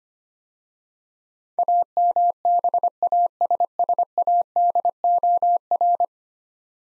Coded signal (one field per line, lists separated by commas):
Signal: Morse code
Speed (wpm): 25 wpm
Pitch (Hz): 700 Hz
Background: none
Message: AMBASSADOR